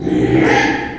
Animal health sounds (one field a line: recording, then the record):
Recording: squeal of a Yucatan mini pig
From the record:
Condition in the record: after surgery on the right vocal fold (resection and tissue-engineered implant)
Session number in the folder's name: 4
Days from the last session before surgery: 42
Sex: male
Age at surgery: 12 weeks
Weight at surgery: 13 kg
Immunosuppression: cyclosporine, prednisolone